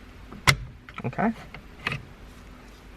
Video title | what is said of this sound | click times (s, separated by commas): How to Replace the Combination Switch on a 2014-2018 Mazda 3 | that unlocks and then you pull this | 0.5 s